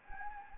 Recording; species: mosquito wingbeat signal from an infrared sensor; Anopheles gambiae